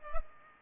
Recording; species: mosquito wingbeat signal from an infrared sensor; Culex pipiens